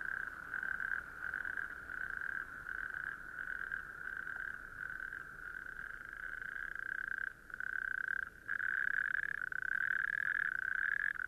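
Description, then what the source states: Natterjack toads in chorus, a loud, nearly continuous rattling trill with brief gaps. Native Irish natterjack toads in sand dunes, west Kerry, southwest Ireland; calls carry far, usually start 7-8 pm, really from 9-10 pm at dusk, lasting until 1-4 am if not too cold.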